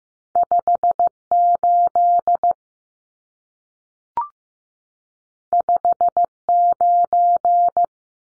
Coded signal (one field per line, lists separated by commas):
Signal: Morse code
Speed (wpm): 15 wpm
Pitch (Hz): 700 Hz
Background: none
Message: 58 59